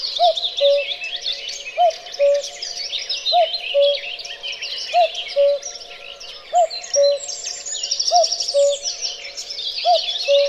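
Cuckoo giving a steady series of seven falling two-note cuckoo calls, regularly spaced, while many small birds sing and chatter in the background.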